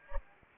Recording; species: mosquito wingbeat signal from an infrared sensor; Anopheles arabiensis